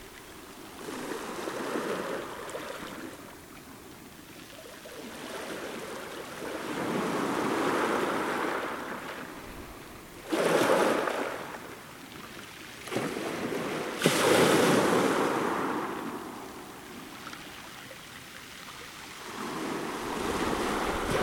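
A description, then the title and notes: Waves wash up close on shingle in slow rising and falling surges, with sharper crashes near ten and fourteen seconds and light wind. Sea at Rottingdean. Close up recording of waves on shingle. Edirol R-09 recorder.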